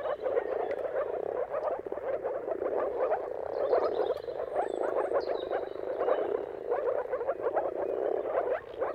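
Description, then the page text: Many moor frogs calling together, a gurgling, bubbling drone of short notes, with an occasional faint bird whistle. Chorus of moor frogs giving mating calls at sunrise, at the turn of March and April, timing depending on the weather. "Jakub Orzecki moor frogs. Dawn’s Chorus: Mating Calls of Marsh Frogs at Sunrise. Depending on the weather at the turn of March and April, you can witness an amazing spectacle of moor frogs"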